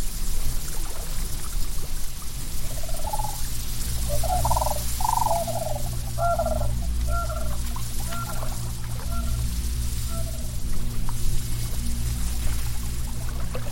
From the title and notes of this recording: Jungle swamp ambience. Quiet Ripples.